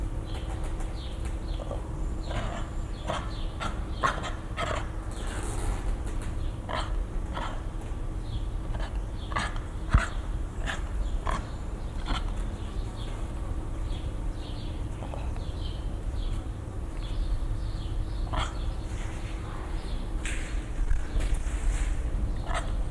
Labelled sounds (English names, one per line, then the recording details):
Asian Golden Cat call
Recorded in captivity
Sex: male
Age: adult
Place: Zoo Dresden, Sachsen, DE
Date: 1995-05-17 15:13
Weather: bedeckt, 12°C
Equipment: Marantz CP 430, Sennheiser ME 80, Kopie Uher 4000 Report Monitor
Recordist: Tembrock, Günter